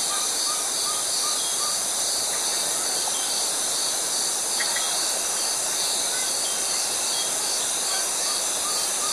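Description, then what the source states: Cicadas buzz constantly in a high, pulsing hiss, with scattered soft bird calls and chirps underneath. Tropical forest ambience.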